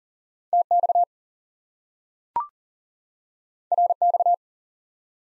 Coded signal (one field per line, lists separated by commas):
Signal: Morse code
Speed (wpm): 40 wpm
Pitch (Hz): 700 Hz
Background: none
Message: TX RX